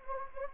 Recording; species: mosquito wingbeat signal from an infrared sensor; Anopheles gambiae